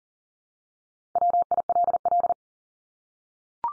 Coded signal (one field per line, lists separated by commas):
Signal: Morse code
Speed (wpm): 40 wpm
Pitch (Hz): 700 Hz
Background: none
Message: WILL